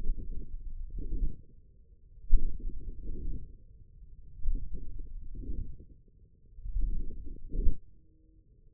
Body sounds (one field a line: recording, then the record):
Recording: forearm muscle sounds (acoustic myography)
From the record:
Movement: forearm pronation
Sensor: system 1, eight BSWA MPA416 microphones around the upper forearm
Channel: 5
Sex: male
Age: 54 years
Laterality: right